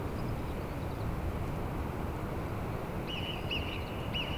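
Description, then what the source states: Alpine marmot alarm whistles: three short, sharp whistles with a quick rise and fall, all in the last second and a half, over a steady low rushing noise. Several Alpine marmots whistling, alarmed by the recordists' presence; Plateau d'Aiguallut near Carretera de La Besurta, Benasque, Huesca, Spain; Sennheiser MKH8040 ORTF pair with Sound Devices MixPre6.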